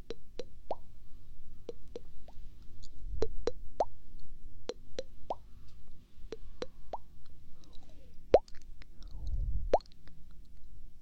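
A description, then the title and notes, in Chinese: Quick, crisp popping sounds—"bo bo bo" plops—come in irregular bursts of two or three, over a faint low hum throughout. 3D啵啵啵。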